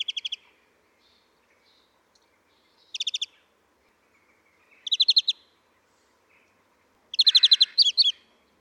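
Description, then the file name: European greenfinch giving short rapid chattering trills, bursts of quick ticking notes at intervals of about two to three seconds, the last burst longer and fuller; otherwise quiet. "Chloris chloris"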